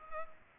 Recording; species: mosquito wingbeat signal from an infrared sensor; Culex pipiens